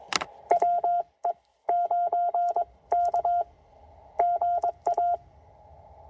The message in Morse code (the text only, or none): WE 9K GA